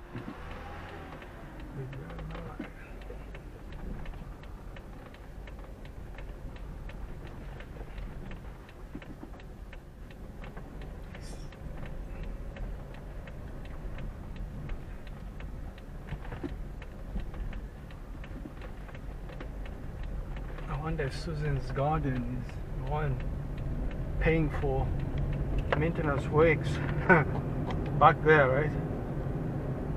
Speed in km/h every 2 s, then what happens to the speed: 5, 6, 8, 9, 7, 9, 10, 10, 8, 7, 10, 15, 23, 30, 35.
0-20 steady at about 8. 20-30 speeds up to 35.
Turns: none.